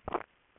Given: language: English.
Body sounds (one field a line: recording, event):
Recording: throat vibration sensor signal played as sound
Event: swallow